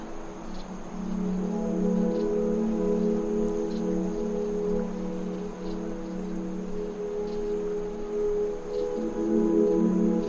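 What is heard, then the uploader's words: Desert wind carries steady, sustained low tones and a faint high bug chirp repeating about every second and a half, with soft rustling underneath. Fast Asleep in the Desert. Desert winds, chirping bugs, and ambient tones combine to create a peaceful atmosphere.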